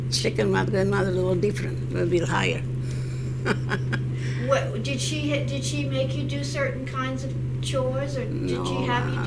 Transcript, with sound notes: Second mother was a little different, a little bit higher. (she laughs)
What, did she, did she make you do certain kinds of chores, or did she have you do things?